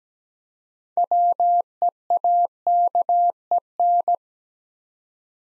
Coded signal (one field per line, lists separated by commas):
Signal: Morse code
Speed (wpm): 17 wpm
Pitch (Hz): 700 Hz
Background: none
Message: WEAKEN